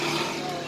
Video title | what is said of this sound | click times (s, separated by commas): VIOS GEN 2 MOGOK DIJALAN?? JANGAN PANIK... TERNYATA INI SALAH SATU PENYEBABNYA!!! | bunyi klik sudah mentok belum belum ini harusus klikak | none